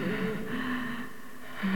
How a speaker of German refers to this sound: Da schreit wer. Hörst du's nicht? Nein. Da, schon wieder. Jetzt hab ich's auch gehört. Natürlich. Hörst du's? Hinter der Tür. Da keucht wer.